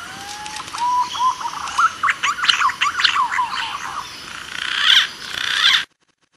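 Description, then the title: Green pigeon song. A long, smooth rising whistle leads into a quick series of bubbling, modulated whistles, with hiss throughout and an abrupt stop. Lure call used for trapping. "Pikat Burung Punai"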